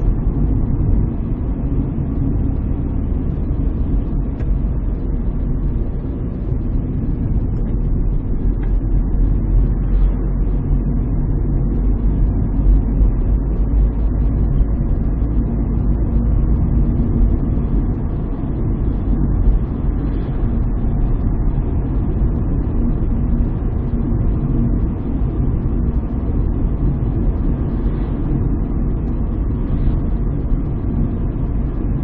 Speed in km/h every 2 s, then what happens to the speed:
55, 52, 48, 46, 49, 52, 57, 61, 63, 64, 65, 65, 65, 64, 63, 63.
0-7 slows to 46. 7-17 speeds up to 64. 17-32 steady at about 64.